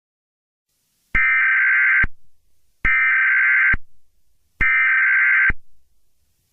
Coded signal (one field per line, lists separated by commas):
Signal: Emergency Alert System (SAME) tones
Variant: header bursts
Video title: EAS scenario #1 | Nibiru